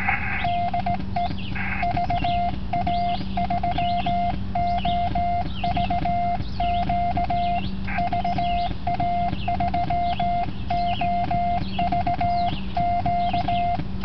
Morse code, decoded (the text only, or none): DE VA3OVQ VA3OVQ